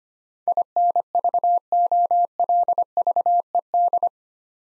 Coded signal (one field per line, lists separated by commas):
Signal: Morse code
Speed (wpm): 25 wpm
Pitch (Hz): 700 Hz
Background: none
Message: INVOLVED